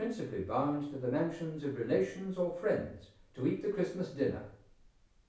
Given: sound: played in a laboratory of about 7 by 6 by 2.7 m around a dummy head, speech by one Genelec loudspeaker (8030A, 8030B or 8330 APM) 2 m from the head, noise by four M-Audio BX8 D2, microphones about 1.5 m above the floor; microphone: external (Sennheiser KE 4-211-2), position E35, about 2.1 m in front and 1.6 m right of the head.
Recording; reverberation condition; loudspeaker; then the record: male speech in English; medium; 120 degrees to the right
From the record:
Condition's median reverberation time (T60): about 510 ms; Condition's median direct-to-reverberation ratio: about -0.5 dB